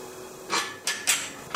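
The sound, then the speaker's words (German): A kiln door is shut and its wing screws tightened before four ceramic vases are fired: four brief, bright metallic scrapes and clunks arrive at uneven intervals over a faint steady hum, with no voices. “Mit den Flügelschrauben kann man die richtig gut festziehen, die Tür, und dann ist sie geschlossen.”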